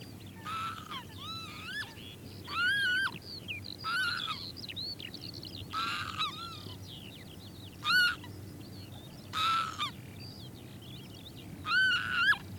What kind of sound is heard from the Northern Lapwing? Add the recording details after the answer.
call. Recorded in the wild. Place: Glewitz, Insel Rügen, Mecklenburg-Vorpommern, DE. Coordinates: 54.252, 13.299. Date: 1975-06-07. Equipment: Nagra III BH, Sennheiser MD 21, parabola. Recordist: Schubert, Michael